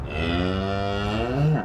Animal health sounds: contact call of a hoofed animal; cattle; low-frequency (closed-mouth) or high-frequency (open-mouth) call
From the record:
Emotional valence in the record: negative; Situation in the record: full separation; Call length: 1.65 s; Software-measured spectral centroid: 1490 Hz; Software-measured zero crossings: 1510 a second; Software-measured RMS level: -24 dBFS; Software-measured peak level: -12 dBFS

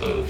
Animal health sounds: contact call of a hoofed animal; pig; closed-mouth grunt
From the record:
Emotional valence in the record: positive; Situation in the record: food and toys in familiar pen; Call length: 0.30 s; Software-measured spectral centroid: 2170 Hz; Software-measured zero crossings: 1320 a second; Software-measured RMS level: -24 dBFS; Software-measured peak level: -11 dBFS

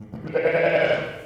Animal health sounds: contact call of a hoofed animal; sheep; low-frequency (closed-mouth) or high-frequency (open-mouth) call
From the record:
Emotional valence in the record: negative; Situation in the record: short social isolation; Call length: 1.26 s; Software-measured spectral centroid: 1460 Hz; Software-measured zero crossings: 1560 a second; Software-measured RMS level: -23 dBFS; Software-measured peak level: -7 dBFS

